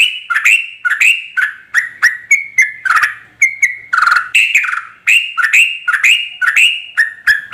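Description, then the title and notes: Yellow-vented bulbul song: lively, slurred chirping phrases repeated in quick succession. Tutor recording of a champion bird singing in the rapid-fire 'tembakan' style. "MASTERAN Trucukan Tembakan. trucuk juara"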